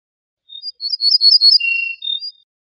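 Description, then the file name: Ortolan bunting song: a quick jumble of high ringing notes, then a long lower drawn-out note and a short high ending. "suara kicauan ortolan"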